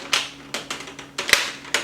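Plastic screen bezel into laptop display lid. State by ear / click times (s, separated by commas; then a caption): seated / 0.1 s, 0.5 s, 1.2 s, 1.3 s, 1.7 s. A plastic screen bezel is pressed back onto the display lid of an HP Compaq 15-AY052 laptop during a screen replacement. Its clips snap in one after another with sharp clicks at 0.1, 0.5, 1.2, 1.3 and 1.7 seconds. The bezel ends up seated in place.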